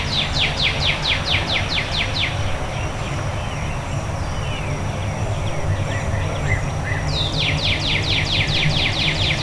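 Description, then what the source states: Bird song: a fast series of falling chirps, quieter slurred notes, then another quick chirping run, over low steady rumble. Before dawn.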